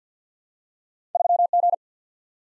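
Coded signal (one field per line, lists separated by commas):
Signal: Morse code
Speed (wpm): 50 wpm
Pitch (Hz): 700 Hz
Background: none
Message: 3 G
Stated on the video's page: Morse practice of random two-character letter and number groups at 50 wpm, head-copy drill.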